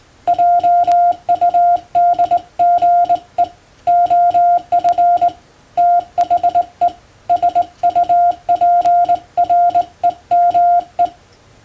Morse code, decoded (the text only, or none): JUDGE OF THE SUPREME